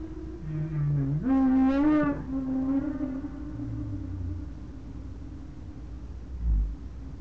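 Whale vocalisation: a low tone stepping up into a bright, bending harmonic moan, trailing off into fainter lower notes over a soft rumble.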